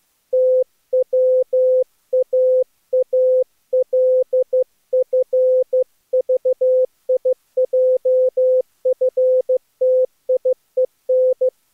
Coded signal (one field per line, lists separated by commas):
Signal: Morse code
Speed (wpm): 18 wpm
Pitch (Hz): 510 Hz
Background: none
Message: TWAALFVIJFTIEN